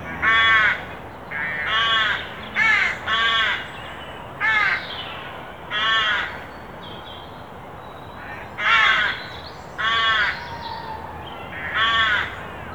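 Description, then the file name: Carrion crow cawing repeatedly, rough grating caws at irregular intervals. "Corvus corone"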